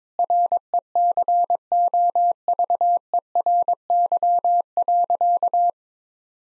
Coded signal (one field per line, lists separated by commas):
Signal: Morse code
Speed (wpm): 22 wpm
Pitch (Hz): 700 Hz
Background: none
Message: RECOVERY.